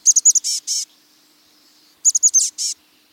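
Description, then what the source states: Chestnut-backed Chickadee calling a rapid, high series of thin notes ending in two hoarse buzzy notes, given twice about two seconds apart. Resplendent brown chickadee; Pacific Northwest.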